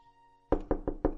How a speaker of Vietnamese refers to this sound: Hơn 4 giờ sáng thì có tiếng chú Tư gọi cửa, báo mừng trở chạy ra.